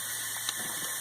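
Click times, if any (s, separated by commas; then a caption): none. A second steel valve keeper is pressed toward its groove on the valve stem of a V8 cylinder head while the valve spring is pushed down. A brief sharp sound comes at about 0.5 s over a steady hiss, but the keeper has not seated yet.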